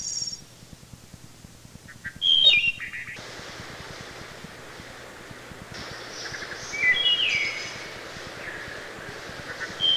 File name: Wood Thrush